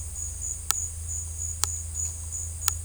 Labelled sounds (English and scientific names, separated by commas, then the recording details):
none
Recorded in secondary vegetation near Puerto Asís, Putumayo, Colombia, on 18 December 2024 at 11:30
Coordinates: 0.481, -76.318
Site G042